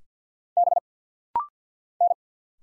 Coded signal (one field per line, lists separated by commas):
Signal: Morse code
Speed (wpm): 50 wpm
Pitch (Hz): 700 Hz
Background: none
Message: B N